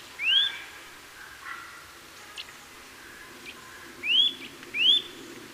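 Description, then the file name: Eurasian nuthatch giving sharp rising whistled calls, one early note then two more close together about four seconds later, over a quiet background hiss. "Sitta europaea"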